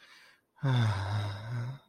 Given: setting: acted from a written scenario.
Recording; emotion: vocal sound without words; guilt